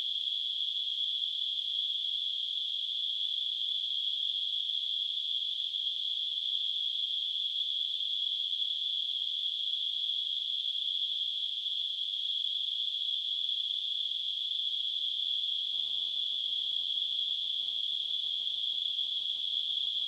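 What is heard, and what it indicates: A steady, unbroken high-pitched ringing with a slight hissy edge runs for the full twenty seconds at an even loudness. It is a simulated tinnitus sound. Faint low clicking enters near the end.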